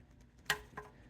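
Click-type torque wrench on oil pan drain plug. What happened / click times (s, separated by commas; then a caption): The torque wrench clicked at its set torque / 0.5 s. A click-type torque wrench tightens the oil drain plug on the oil pan of a 2014 Toyota Highlander to about 29 ft-lb. A sharp, bright click is heard at 0.5 s, followed by a quieter tick at about 0.8 s over low background noise. The wrench clicks at its setting, showing the plug has reached torque.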